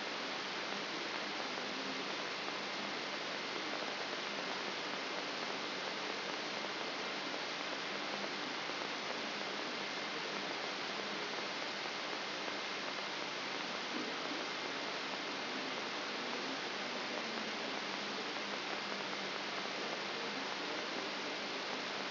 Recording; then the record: brain microelectrode recording played as sound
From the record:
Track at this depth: outside the subthalamic nucleus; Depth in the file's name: 6.501 mm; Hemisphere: left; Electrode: 3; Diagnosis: Parkinson's disease